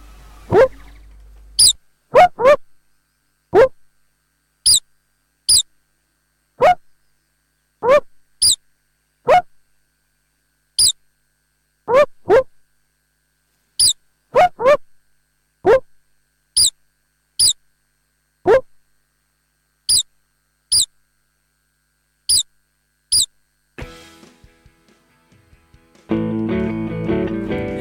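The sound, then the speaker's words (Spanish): Star-nosed mole vocalizations: a series of about twenty sharp, high-pitched squeaks and chirps in an uneven rhythm over silence, followed at the end by a short burst of rough noise. “Se llama topo de nariz estrellada.”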